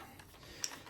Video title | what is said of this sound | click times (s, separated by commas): ROSS find Princess Leia Black Series Lightsaber #Unboxing #StarWars | locks into place and it looks kind of ridiculous | 0.6 s